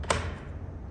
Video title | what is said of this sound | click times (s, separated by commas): Avhrit 5000lm 60W Rechargeable LED Work Light Power Bank💥⚡️ Portable Work Station Bondo Billy Review | and locks in place | 0.1 s